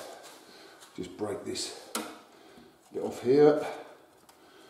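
A plastic part of a Vauth-Sagel VS ENVI Space Pro pull-out bin fitting is handled and pressed toward its mount after a piece is broken off, while someone talks. There is faint handling noise and a brief sharp crack at about 2.0 s. Nothing has seated or clicked yet.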